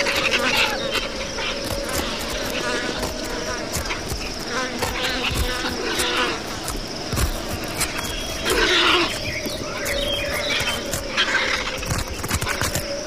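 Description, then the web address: Vulture: harsh rasping hisses and squawks from feeding vultures run without a break, with thumps and scuffles and a louder hissing surge past the halfway point. Several vultures feeding. "Hollywood Edge horror sounds Vultures Feeding"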